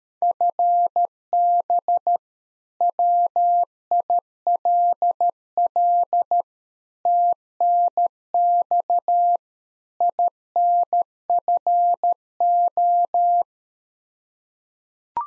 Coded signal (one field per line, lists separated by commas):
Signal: Morse code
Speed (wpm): 13 wpm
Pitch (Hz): 700 Hz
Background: none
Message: FB WILL TNX INFO